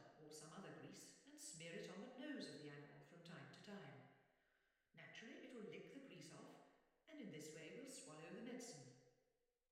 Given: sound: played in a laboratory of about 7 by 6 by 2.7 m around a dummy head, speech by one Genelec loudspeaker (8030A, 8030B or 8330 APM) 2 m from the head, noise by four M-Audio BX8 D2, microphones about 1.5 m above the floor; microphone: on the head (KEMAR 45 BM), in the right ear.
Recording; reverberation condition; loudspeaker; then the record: female speech in English; high; in front (0 degrees)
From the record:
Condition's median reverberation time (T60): about 1300 ms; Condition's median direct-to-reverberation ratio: about -4.0 dB